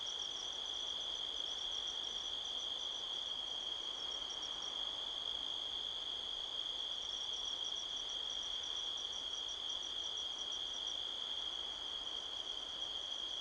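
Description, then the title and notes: Crickets trilling high and steady, with bursts of rapid pulsed chirps in the first half and again later, wind rustling softly behind. Crickets chirping all around at midnight, 5 October 2023, in a canyon at Sedona, Arizona, USA, with strong wind rustling trees. "Midnight Soundscape, Sedona, Arizona, USA on 5th October 2023 – by Joe Harvey-Whyte. A strong wind blows across the canyon, rustling trees. The sound of crickets can be heard all around"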